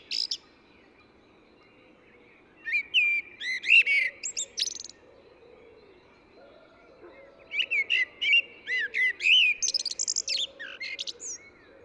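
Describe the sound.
Eurasian blackbird delivering two phrases of fluty whistles followed by high squeaky twittering, several seconds apart, with faint low background notes.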